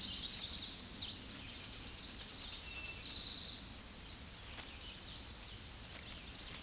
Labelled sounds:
Tennessee Warbler song

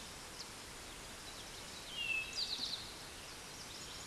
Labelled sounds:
Eastern Towhee song

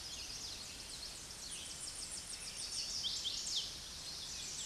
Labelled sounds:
Tennessee Warbler song

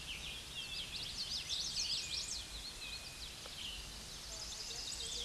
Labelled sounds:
Common Yellowthroat song

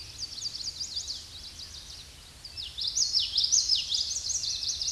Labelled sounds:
Common Yellowthroat song

